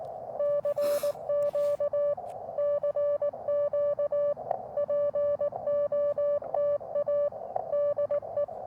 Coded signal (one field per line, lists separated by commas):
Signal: Morse code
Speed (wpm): 18 wpm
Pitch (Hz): 590 Hz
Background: none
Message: CQ CQ POTA DE